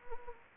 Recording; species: mosquito wingbeat signal from an infrared sensor; Anopheles gambiae